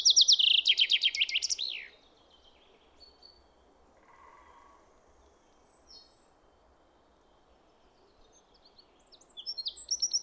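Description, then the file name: Common chaffinch song ends with its falling flourish, followed by several seconds of near quiet, then a new trilled phrase begins. "Fringilla coelebs"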